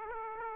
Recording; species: mosquito wingbeat signal from an infrared sensor; Aedes aegypti